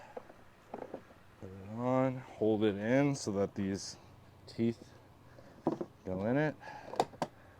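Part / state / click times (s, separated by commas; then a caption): toothed plastic part into automatic litter box body / seated / 7.0 s, 7.2 s. A toothed plastic part is put onto the body of a Litter-Robot 4 automatic litter box and held so its teeth engage, then pushed until it clicks home while someone talks. Sharp clicks sound at 7.0 s and 7.2 s, the last click marking the part as seated.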